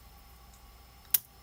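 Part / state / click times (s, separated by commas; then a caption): plastic ball joint peg into socket hole of a toy dinosaur-capture model / seated / 1.1 s. A small plastic ball joint peg on a building-block figure kit, a toy dinosaur-capture model, is pushed into its side socket hole. After a quiet stretch, a single sharp, loud snap rings out at 1.2 seconds and fades quickly. The ball joint is seated, snapped into the socket.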